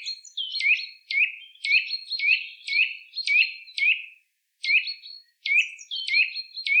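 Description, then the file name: Eurasian nuthatch calling in quick, ringing notes, delivered in a rapid series that breaks off briefly midway before resuming. "Sitta europaea"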